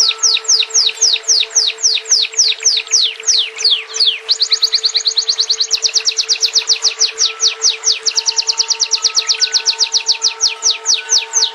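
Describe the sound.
Bird song of fast, sharp descending chirps, briefly pausing then resuming as a denser, quicker trill, with a steady low hum throughout.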